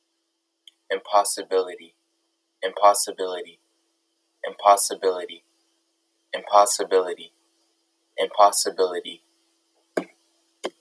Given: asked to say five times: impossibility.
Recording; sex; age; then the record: repeated word; male; 18 to 19 years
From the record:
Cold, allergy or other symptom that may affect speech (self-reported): no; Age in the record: 18 years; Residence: Georgia, United States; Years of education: 11